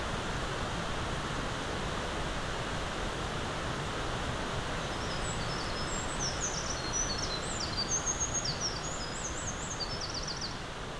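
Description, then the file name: Eurasian wren song: a fast, high run of tumbling notes and buzzy trills, beginning midway and lasting about five seconds, over a steady loud rushing noise. Recorded 20 April 2026. "260420 004 misosazai"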